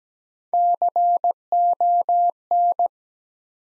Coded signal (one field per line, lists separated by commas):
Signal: Morse code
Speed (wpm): 17 wpm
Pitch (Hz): 700 Hz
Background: none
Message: CON